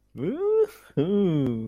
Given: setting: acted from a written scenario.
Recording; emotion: vocal sound without words; positive surprise